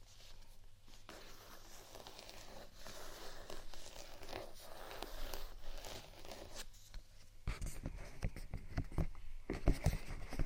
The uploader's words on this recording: ASMR Scratch & Tap On Textured Items & Beat（No Talking）.